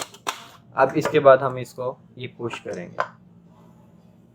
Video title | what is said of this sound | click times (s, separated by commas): Chopper machine - Chopper machine price in pakistan- with citrus juicer ردو / Hindi - BD Information | juice के लिए, जिसमें किनू का और मौसमी का, ये इस तरह ये लॉक हो जाएगा, ये इस तरह। | 0.0 s, 0.3 s